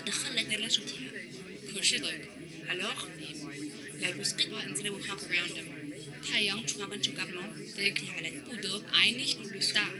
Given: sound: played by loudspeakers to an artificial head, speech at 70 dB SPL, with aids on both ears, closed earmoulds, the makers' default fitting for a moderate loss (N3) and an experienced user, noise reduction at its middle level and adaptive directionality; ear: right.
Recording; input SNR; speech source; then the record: speech test signal (ISTS) in cocktail-party noise; -3 dB; in front (0 degrees)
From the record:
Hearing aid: class 2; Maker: J